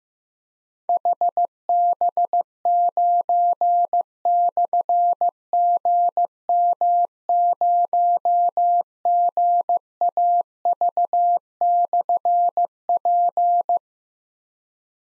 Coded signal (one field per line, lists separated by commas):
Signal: Morse code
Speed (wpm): 15 wpm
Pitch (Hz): 700 Hz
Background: none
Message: HB9/GM0GAV/P